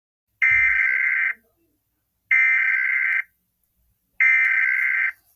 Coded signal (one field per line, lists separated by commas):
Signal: Emergency Alert System (SAME) tones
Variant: header bursts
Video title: the Pacific Northwest squall from hell EAS scenario part 1